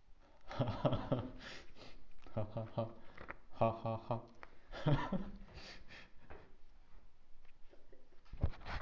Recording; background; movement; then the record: laughter; quiet; sitting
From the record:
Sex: male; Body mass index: 23.7 kg/m2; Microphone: on the chest, facing outward